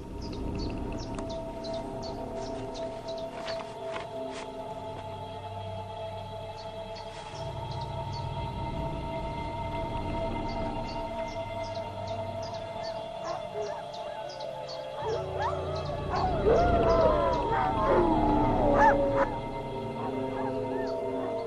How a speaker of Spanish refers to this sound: Fuera del cercado, instala un sistema de sonido que reproducirá los aullidos de una manada de lobos rivales. ¿Podrán responder con el aullido de defensa?